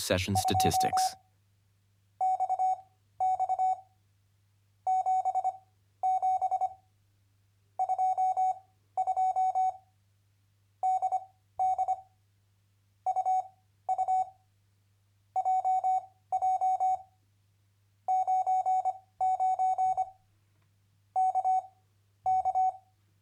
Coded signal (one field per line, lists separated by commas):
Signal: Morse code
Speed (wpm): 25 wpm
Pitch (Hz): 750 Hz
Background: speech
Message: 2 X X 7 7 2 2 D D U U J J 99 K K